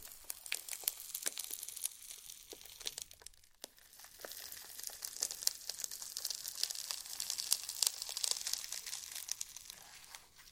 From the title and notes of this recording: ASMR SLIME! 5 Satisfying Slimes.